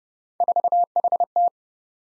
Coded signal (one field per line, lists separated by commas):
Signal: Morse code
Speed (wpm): 30 wpm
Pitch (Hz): 700 Hz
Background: none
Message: 4HT